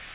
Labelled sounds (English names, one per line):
Black-throated Blue Warbler flight call